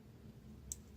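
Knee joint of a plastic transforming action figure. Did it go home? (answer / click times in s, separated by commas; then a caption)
yes / 0.7 s. The legs of a plastic transforming action figure are straightened out, and a knee joint snaps into place with a single sharp click at 0.7 s. The click is short and bright, standing out over a low background hum, and the joint ends up seated.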